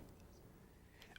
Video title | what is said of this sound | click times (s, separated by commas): Apple - Color StyleWriter Pro Service Training | slide in the cartridge until it snaps into place | 1.0 s, 1.2 s